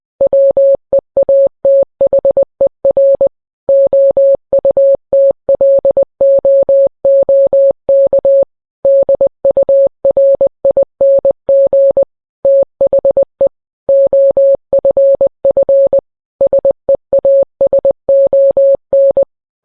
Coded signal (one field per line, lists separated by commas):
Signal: Morse code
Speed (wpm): 20 wpm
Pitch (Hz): 550 Hz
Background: none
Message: WEATHER OUTLOOK DURING THE OFF SEASON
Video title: NWR morse code